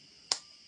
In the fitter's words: Hear it click, snap, goes in.